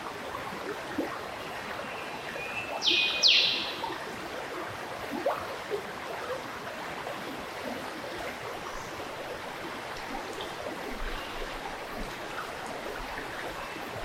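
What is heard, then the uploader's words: A river runs steadily throughout, a dense, even wash of flowing water. Around three seconds in, a bird gives a short, bright burst of call, and a fainter chirp comes near five seconds, with a few calls later against the water. Nature Sounds Tasmania - Esperance River Birdlife. The calming sound of Esperance River, and it’s Birdlife, in Southern lutruwita/Tasmania.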